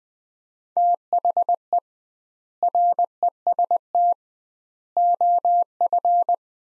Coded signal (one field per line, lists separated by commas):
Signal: Morse code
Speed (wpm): 21 wpm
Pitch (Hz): 700 Hz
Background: none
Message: THE REST OF